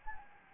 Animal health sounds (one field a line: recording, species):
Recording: mosquito wingbeat signal from an infrared sensor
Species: Anopheles gambiae